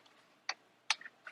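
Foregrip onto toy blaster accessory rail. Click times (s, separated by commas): 0.5 s, 0.9 s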